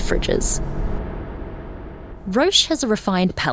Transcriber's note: low rumble of fridges increases in volume for a second, then fades away